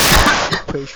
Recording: coughing mixed with background sound